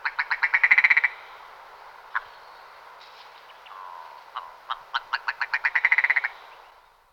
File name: Belokur rousny Lagopus lagopus